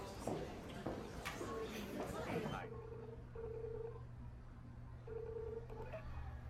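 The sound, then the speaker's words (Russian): A Skype call ringing tone as a man calls his daughter from his hotel room: after a few seconds of busy, noisy clatter, steady mid-pitched electronic tones pulse in short repeated bursts over a low background hum. “Томас звонит по скайпу своей дочке.”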